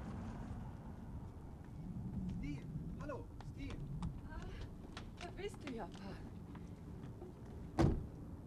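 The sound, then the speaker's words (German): Soft rustling and light clicking over a low rumble as shopping is loaded into the back of a car, then a single solid car door thump near the end, with faint murmured voices underneath. “Moment, ich möchte meine Einkäufe da hinten in den Wagen legen.”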